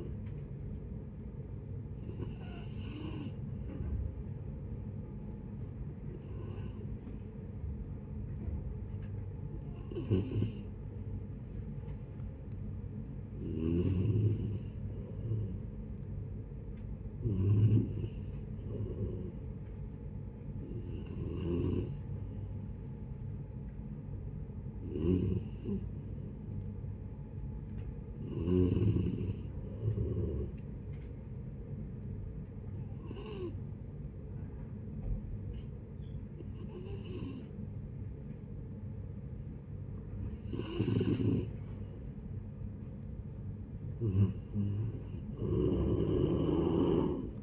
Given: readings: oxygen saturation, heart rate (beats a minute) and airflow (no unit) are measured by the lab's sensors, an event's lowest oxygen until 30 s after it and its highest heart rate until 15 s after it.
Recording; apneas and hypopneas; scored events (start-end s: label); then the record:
breathing in sleep by a smartphone at the bedside; 2
5.00-14.40 s: hypopnea (N3, oxygen 91% highest, then 89% lowest, heart rate 71 at the start, 75 highest)
13.00-43.00 s: new sleep stage, N2 (light sleep)
32.00-42.50 s: hypopnea (N2, oxygen 92% highest, then 87% lowest, heart rate 76 at the start, 79 highest)
43.00-47.43 s: new sleep stage, N3 (deep sleep)
From the record:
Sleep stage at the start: N3 (deep sleep); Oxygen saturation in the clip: 89 to 92%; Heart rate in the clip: 64 to 76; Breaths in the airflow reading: 12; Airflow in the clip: -10.2 to 13.0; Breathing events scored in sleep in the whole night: 496 in 5.4 hours asleep